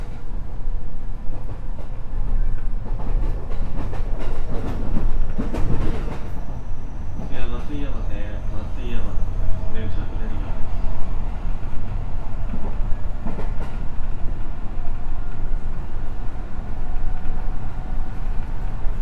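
A JR West 207 series electric train runs on the Gakkentoshi Line, a steady loud rumble with a dense low roar throughout. Sharp clacks and rattles punctuate it, clustered around 5–6 seconds and near 13 seconds, while a faint tonal whine sits above.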